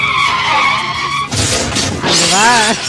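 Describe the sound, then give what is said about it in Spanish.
A loud, steady tire screech holds for about a second, then breaks into a noisy crash with shattering debris, followed by another wavering, warbling squeal, as a car driven by a blindfolded driver crashes. “Se estrella mientras conducía el coche con los ojos vendados.”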